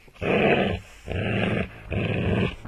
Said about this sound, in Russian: услышала рычание пса